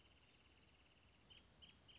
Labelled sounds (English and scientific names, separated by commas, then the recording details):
Wrentit (Chamaea fasciata)
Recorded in Sonoma County, California